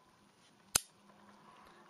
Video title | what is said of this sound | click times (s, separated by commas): Medtronci VEO Quick Set infusion setup | and push down so you hear it click into place. | 0.8 s